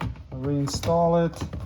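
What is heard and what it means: A master window switch panel is handled next to the front door trim panel of a 2011-2020 Toyota Sienna as it is about to be clipped back in, after its connector has been reconnected. Someone talks over light tapping and handling sounds. Nothing has seated or clicked yet.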